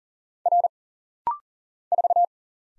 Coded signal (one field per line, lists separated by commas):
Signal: Morse code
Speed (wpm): 40 wpm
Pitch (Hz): 700 Hz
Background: none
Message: R 4